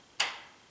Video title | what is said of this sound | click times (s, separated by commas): How to Adjust Door & Deadbolt Strike Plates | it clicked right there that's what I was checking earlier | 0.2 s